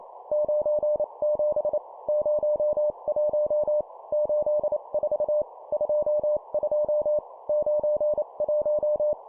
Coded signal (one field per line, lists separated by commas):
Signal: Morse code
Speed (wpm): 28 wpm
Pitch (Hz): 600 Hz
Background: none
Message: 97 01 84 22 91